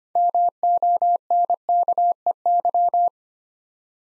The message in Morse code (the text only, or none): MONKEY